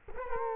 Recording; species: mosquito wingbeat signal from an infrared sensor; Culex quinquefasciatus